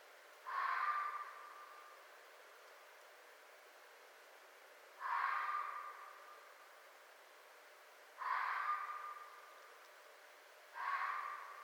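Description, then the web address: Red fox uttering four hoarse, rasping calls at uneven intervals, each call ringing on and fading before the next. Recorded 4 May 2011. "Red Fox 2011 05 04 Red Fox"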